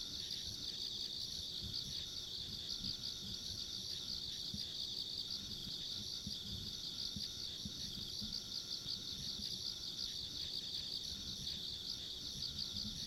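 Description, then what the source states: Insects in a dense, steady chorus of high pulsing trills layered with a fainter, thinner buzz above, over a low rumbling background. Ambient insect sounds along a rural country road.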